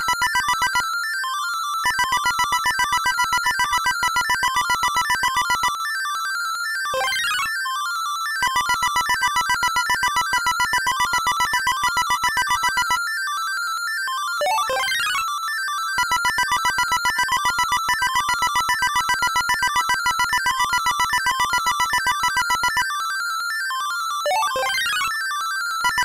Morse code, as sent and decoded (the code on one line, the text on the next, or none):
none